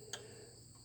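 A torque wrench tightens a bolt on the carburetor spacer of a Yamaha G9 until it clicks at its setting at 0.1 s. The click is a short, bright, broadband snap over a steady high-pitched hum and low background drone. The bolt is torqued to spec.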